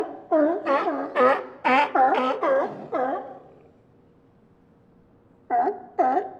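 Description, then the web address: Sea lions barking, a quick run of honking, harmonic barks roughly twice a second, then a pause and two more barks. A group of sea lions barking. "2496 Sound Effects - Bits, Scraps and Pieces Super Pack Sea Lion Bark Group"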